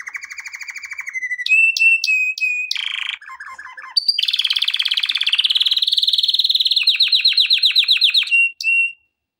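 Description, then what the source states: Canary song with a low trill, sharp piercing notes, a warbled buzzy passage, then long fast rolling trills ending in a short whistle. Song intended for training canaries.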